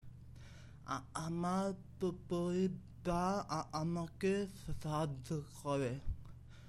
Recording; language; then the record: elicited speech; Bengali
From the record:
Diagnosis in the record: Broca's or global aphasia after a stroke